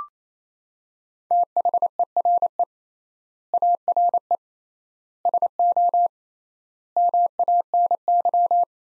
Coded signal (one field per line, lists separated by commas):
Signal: Morse code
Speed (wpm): 27 wpm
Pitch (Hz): 700 Hz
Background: none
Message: THERE ARE SO MANY